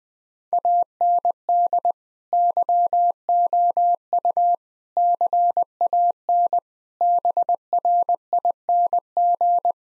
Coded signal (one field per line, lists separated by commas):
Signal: Morse code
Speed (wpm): 20 wpm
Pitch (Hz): 700 Hz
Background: none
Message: AND YOU CAN BRING